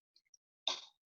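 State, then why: Seated. The chin strap buckle of a bicycle helmet on a demo mannequin is fastened. A couple of faint ticks at about 0.2 s and 0.3 s lead up to a sharp plastic click at 0.7 s, and the buckle is clicked shut.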